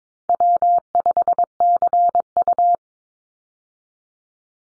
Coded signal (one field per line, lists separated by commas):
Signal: Morse code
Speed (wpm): 22 wpm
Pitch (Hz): 700 Hz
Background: none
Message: W5CU